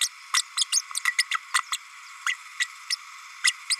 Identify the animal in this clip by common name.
Green-rumped Parrotlet